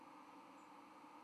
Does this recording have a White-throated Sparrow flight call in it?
no